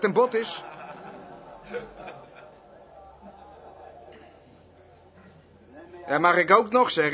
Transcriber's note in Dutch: Het gehoor lacht – Vert